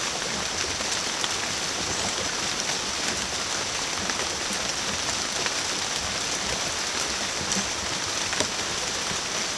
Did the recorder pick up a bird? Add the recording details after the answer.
no. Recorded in secondary vegetation near Puerto Asís, Putumayo, Colombia, on 30 June 2025 at 15:30. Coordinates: 0.500, -76.326. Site GP08